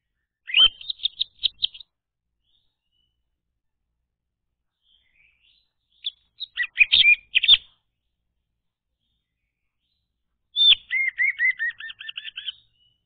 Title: Anis Merah Macet.. Pancing Dengan Suara Ini.. # Anis Merah